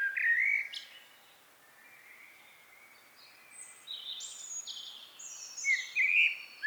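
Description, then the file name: Common blackbird song: short fluted notes and thin high twitters, broken by a long quiet gap, with soft background hiss. "Turdus merula"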